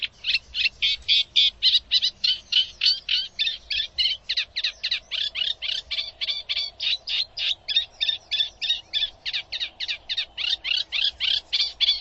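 Bird calling in a rapid, insistent run of sharp high chirps, roughly three to four per second, continuing throughout with little pause.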